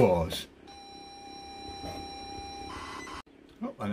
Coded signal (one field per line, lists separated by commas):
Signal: ZX Spectrum tape loading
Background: speech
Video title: The woes of loading from tape.